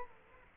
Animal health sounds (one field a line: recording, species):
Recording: mosquito wingbeat signal from an infrared sensor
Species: Culex quinquefasciatus